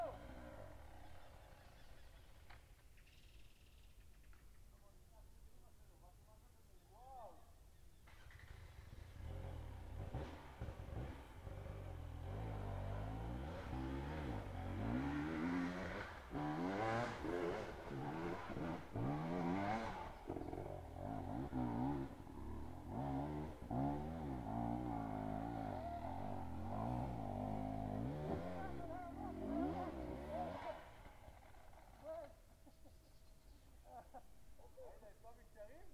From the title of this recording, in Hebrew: טיול יומי ביער